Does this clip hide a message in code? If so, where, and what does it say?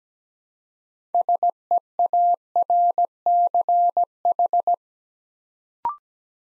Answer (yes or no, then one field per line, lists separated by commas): yes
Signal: Morse code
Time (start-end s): 1.1-4.7 s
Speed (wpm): 17 wpm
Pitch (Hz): 700 Hz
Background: none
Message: SEARCH